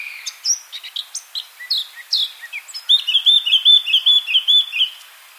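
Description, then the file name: Eurasian blackcap song, chattering, varied notes giving way to a loud, clear fluted flourish of repeated whistles. "Sylvia atricapilla"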